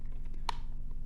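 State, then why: Seated. A plastic RC car body cover is pressed down onto the chassis frame and seats with one sharp snap at 0.5 s. A few faint taps come before it, and a light tick follows near 1.1 s over a low steady hum.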